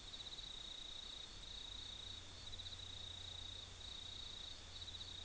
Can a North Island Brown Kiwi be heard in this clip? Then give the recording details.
no. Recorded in New Zealand